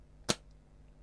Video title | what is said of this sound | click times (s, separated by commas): Replacing the cable on an old Xbox controller | what you do is you push the handle down and you hear that click and you see that's down like that when you push the button | 0.3 s